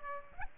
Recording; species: mosquito wingbeat signal from an infrared sensor; Aedes aegypti